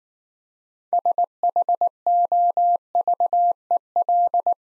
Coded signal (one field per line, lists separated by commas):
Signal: Morse code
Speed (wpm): 19 wpm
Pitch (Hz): 700 Hz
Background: none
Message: SHOVEL